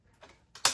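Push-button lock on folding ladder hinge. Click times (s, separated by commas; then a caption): 0.6 s. The spring-loaded push button on the hinge lock of an AOPENG 5-step A-frame telescoping extension ladder is pressed in to release it for folding. A faint tick comes at about 0.2 s, then a click at 0.6 s and a sharp, louder click at 0.7 s as the lock releases.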